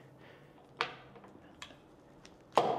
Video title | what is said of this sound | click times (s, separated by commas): Let’s “Go!” - First Ride on Apollo’s brand new dual-motor electric scooter | and there's that satisfying clunk that I love | 2.6 s